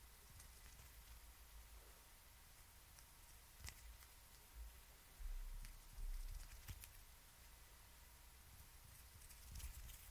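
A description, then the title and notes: Hand movements and scissors: soft rustling and handling over a faint steady hiss, with scattered small clicks and a couple of sharper snips near four and seven seconds. Low thumps and bumps swell briefly around five to seven seconds and again at the end. HAND MOVEMENTS, SCISSORS.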